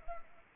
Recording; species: mosquito wingbeat signal from an infrared sensor; Anopheles arabiensis